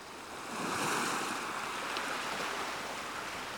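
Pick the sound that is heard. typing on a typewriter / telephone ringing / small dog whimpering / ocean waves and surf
ocean waves and surf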